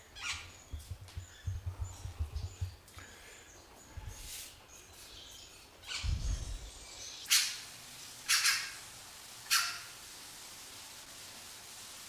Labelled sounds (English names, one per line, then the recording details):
Red-rumped Cacique call
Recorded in captivity
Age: adult
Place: Zoo Berlin, Berlin, DE
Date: 2002-10-22 11:51
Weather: overcast, light rain shower, 13°C
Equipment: Nagra SN, Kopie Uher 4000 Report Monitor
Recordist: Tembrock, Günter